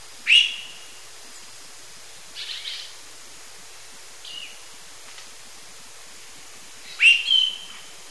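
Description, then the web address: Lawrence's thrush giving loud, sharp high phrases several seconds apart, with quieter buzzy and slurred notes between them. Eastern lowlands of South America. "WLL Grade 1-12 Pre-Uni Library Enter Natures Songs S America Eastern Lowlands Lawrence's Thrush"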